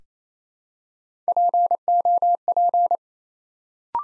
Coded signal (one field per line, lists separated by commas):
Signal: Morse code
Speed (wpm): 29 wpm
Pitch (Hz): 700 Hz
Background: none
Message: POP